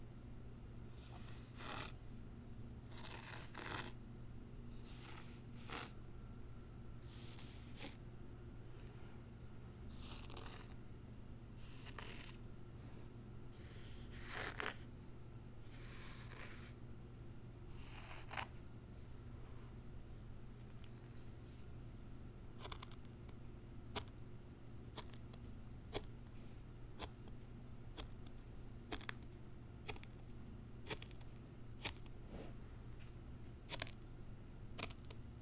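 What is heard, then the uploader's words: A zen garden being unboxed: packaging is handled in a steady run of short crinkles, taps and rustles, some sharper snaps around fifteen seconds. Underneath, a constant low hum holds level for the whole clip. ASMR Icnbuys Zen Garden Unboxing No Talking.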